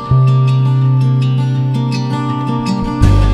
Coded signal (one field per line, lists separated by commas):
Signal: none